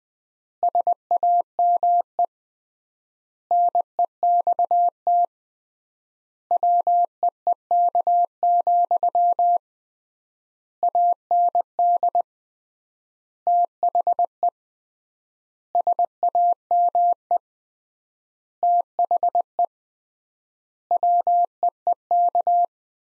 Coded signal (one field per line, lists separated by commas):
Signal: Morse code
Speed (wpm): 20 wpm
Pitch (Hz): 700 Hz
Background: none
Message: SAME NEXT WEEK, AND THE SAME THE WEEK